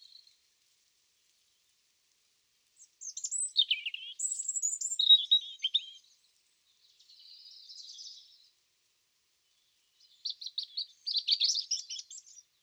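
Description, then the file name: European robin song: clear, varied phrases of high, falling notes, then a soft, hushed warble, then a lively burst of quick twittering. "Erithacus rubecula"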